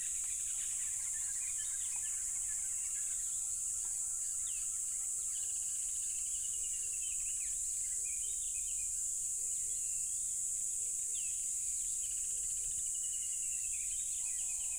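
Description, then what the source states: Crickets keep up an unbroken high-pitched trill, while varied bird twitters and soft low notes come and go underneath. Loud crickets at a tropical river.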